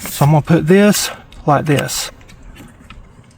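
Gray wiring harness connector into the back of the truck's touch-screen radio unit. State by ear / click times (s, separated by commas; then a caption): seated / 2.9 s. A man talks while a gray, older-style wiring harness connector, turned with one piece facing backwards, is pushed into the back of the replacement 8.4" UConnect touch-screen radio unit of a 2018+ RAM truck, which is being replaced because of a delaminated screen causing ghost touches. After the talking stops, a faint scrape comes at 2.3 s, then a sharp snap at 2.9 s as the connector seats in the radio unit.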